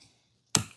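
A DDR5 memory module is pushed down into slot four of a motherboard, and it seats with one sharp, loud click at 0.6 s. The click rings out briefly and fades within a quarter second, with near silence before it.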